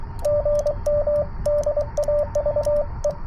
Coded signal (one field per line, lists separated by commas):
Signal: Morse code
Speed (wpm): 24 wpm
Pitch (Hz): 590 Hz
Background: radio noise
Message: GM DAVE